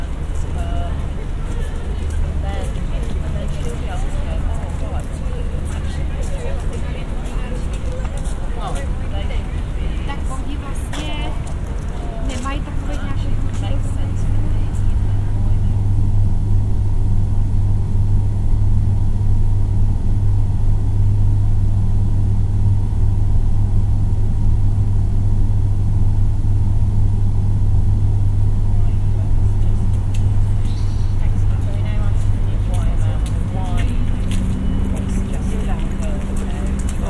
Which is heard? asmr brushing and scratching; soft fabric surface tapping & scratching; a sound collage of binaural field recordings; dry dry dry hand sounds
a sound collage of binaural field recordings